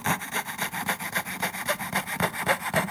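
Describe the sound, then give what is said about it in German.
A fretsaw cuts steadily through wood in a hobby room in quick, even strokes, a rhythmic rasping buzz repeating several times a second at a moderate level, with no voices. “Heute war an Laubsägearbeiten nicht zu denken.”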